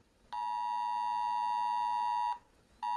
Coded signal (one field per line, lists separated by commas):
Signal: Emergency Alert System (SAME) tones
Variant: 853 and 960 Hz attention tone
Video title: a green reacting to eas alarm from different countries